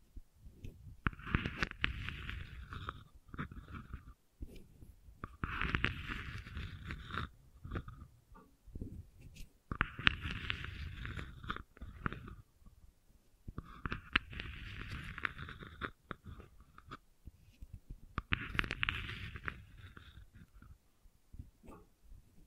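Gentle scratching comes in five rhythmic bursts, roughly every four seconds, each a dense, rasping stroke lasting about two seconds. The strokes carry a soft low rumble and a brighter scratchy hiss. Scattered small clicks and taps fill the quieter gaps between bursts.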